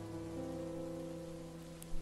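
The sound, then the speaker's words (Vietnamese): Steady, heavy rain beats on the window glass of a four-storey villa, hissing without a break, a dense wash of drops blended with a low sustained tonal hum, with a brief soft thump near the end. “Trung Đạt bần thần nhìn những giọt nước mưa đang quất vào lớp kính đột bột. Mưa rơi nặng hạt ngày càng to hơn”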